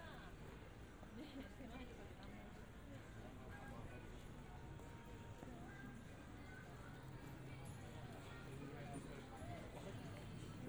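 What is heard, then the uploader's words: A walk through Harajuku in Tokyo, with a steady wash of crowd chatter from many overlapping voices. The level stays even throughout, with occasional brief clacks like footsteps and a low rumble of traffic underneath. 3D AUDIO Walking in Harajuku(原宿)Tokyo, Japan.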